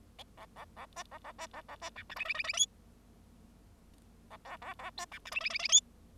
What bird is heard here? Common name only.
Bengalese Finch